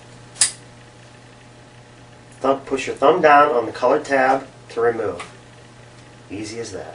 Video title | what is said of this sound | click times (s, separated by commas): S.U.R.&R. KP1500 & KP1200 Fuel Line Repair & Replacement Kits | it's as easy as pushing the connector on until you hear a click | 0.4 s